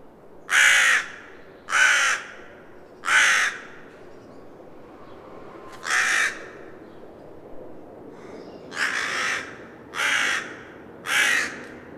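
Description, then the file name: Carrion Crow cawing: a run of three raucous caws, a single caw after a pause, then three more, the later calls somewhat softer. "Corvus corone"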